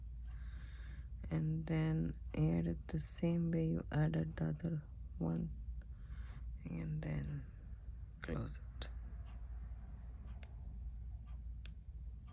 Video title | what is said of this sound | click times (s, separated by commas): Easy memory wire necklace tutorial with bracelet memory wire hoops | you can hear the clicking noise | 10.4 s, 11.7 s